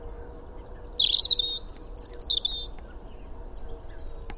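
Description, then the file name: European robin song: one high, sweet phrase of thin whistles and quick warbled trills lasting about two seconds, then soft background hiss. "Erithacus rubecula"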